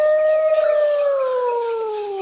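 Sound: wolf howling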